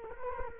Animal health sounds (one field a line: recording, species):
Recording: mosquito wingbeat signal from an infrared sensor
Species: Culex quinquefasciatus